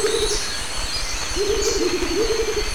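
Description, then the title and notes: Rufous motmots duetting with low, quavering hooted phrases, a few in quick succession, over steady insect buzzing. Duet; recorded 1998 near Lake Arenal dam, forest edge at dawn; crickets and forest ambience in background. "Dúo de Baryphthengus martii (Pájaro Bobo). Grabado en 1998 cerca de la represa del lago Arenal"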